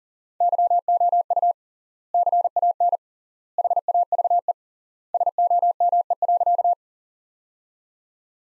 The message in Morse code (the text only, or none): YOU CAN HAVE SOME.